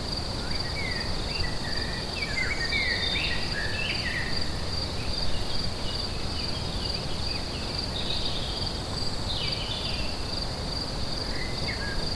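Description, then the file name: An unbroken high-pitched cricket trill carries on, with birds singing clusters of whistled notes over a low background rumble. Crickets recorded together with birds at Lacoux on 22 May 2016, recorded with an MZ-N710. "Grillons et oiseaux Lacoux 22 05 16"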